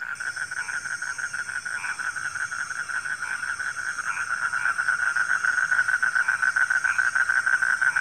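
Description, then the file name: Frogs calling in a pulsing chorus, quick repeated croaks swelling in the second half, over a constant high whine. Frogs calling at night. "suara kodok di malam hari"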